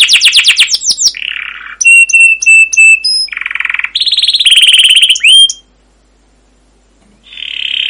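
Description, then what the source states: Canary song: quick trill, a buzzy note, a run of evenly repeated whistles, another buzzy note, a rolling trill and rising slur, then a silent pause before a buzzy note. Long rolling canary song (masteran), used as a lure to prompt other canaries to sing.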